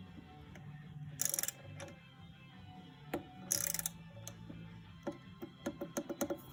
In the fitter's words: our click we'll go ahead and move on in 10th bolt